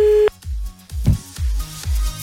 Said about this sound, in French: On appelle. Et ça ne téléphone pas. Tu vas casser le son. Bah non, si, c'est ça y est, ça téléphone.